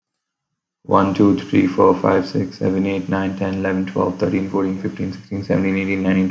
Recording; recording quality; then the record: counting at a fast pace; excellent, no background noise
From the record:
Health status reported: healthy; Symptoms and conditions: none ticked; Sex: male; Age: 20 years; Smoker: not ticked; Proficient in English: yes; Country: India